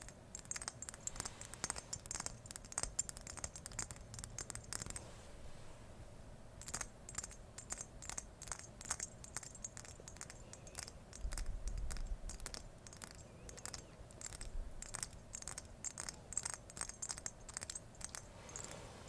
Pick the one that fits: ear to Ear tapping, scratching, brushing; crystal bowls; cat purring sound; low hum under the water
ear to Ear tapping, scratching, brushing